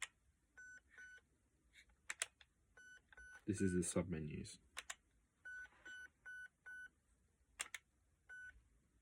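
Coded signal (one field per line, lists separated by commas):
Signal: none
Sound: airsoft gun menu beeps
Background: speech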